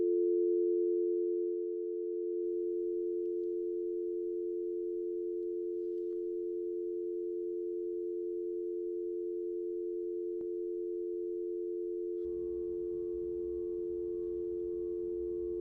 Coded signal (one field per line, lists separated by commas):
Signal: telephone call progress tone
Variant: North America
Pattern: dial tone